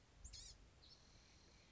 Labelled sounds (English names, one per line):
Blue-gray Gnatcatcher